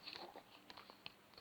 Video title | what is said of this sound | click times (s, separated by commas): Playmobil dragon | on voit saab a fait clic | 1.1 s